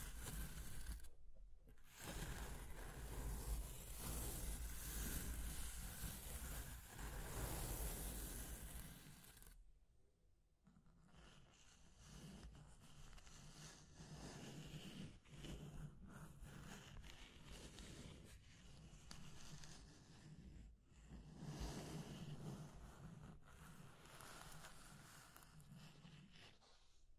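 Scratching and tracing sounds fill the clip with dense, rough friction noise. A loud, bright stretch of scraping runs to about nine and a half seconds, broken by a brief pause near two seconds. After a short silence, quieter, uneven strokes continue with small gaps around 21 and 23 seconds.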